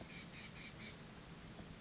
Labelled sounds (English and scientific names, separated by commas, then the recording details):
Chestnut-backed Chickadee (Poecile rufescens)
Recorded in Sonoma County, California